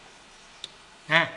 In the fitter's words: ya nanya nih ini ada tandanya berbunyi klik gitu nah